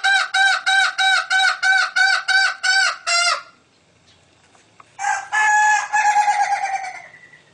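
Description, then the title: Green junglefowl giving a run of loud, evenly spaced harsh clucks, a short silence, then a long rasping cackle that fades away. Female. "Suara Ayam Hutan Betina. suara ayam hutan hijau"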